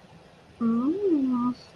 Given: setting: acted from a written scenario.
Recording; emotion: vocal sound without words; desire